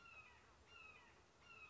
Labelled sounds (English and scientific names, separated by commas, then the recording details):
Red-shouldered Hawk (Buteo lineatus)
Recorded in Sonoma County, California